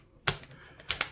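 The rear section of a Maruyama SCW9K Pro G airsoft SMG, with its pins aligned, is pushed into the receiver. Lock one seats with a sharp click at 0.3 s, followed by fainter knocks and a pair of bright clicks around 0.9 and 1.0 s.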